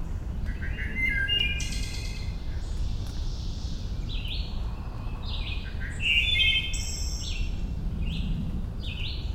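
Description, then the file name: Wood Thrush singing a series of clear, flute-like phrases, several closing in high shimmering trills, against constant low background noise. Recorded 28 May 2012. "Wood Thrush 20120528"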